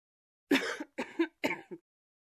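Three short, forceful coughs come in quick succession over about one and a half seconds. Each one opens with a sharp burst and fades out in a brief rasping tail, followed by a small catch. It is an adult woman's cough.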